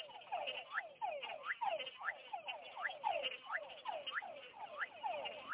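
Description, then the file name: Frog chorus of quick upward-sweeping whistled notes and lower falling chirps, repeated rapidly and overlapping continuously. Tropical frogs. "Tropical Frogs Ranas Tropicales"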